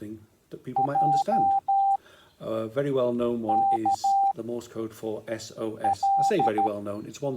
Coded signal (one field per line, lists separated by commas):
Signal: Morse code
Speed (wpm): 13 wpm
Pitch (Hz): 790 Hz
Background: speech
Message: J K L